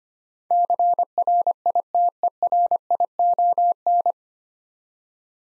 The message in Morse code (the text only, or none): CRITERION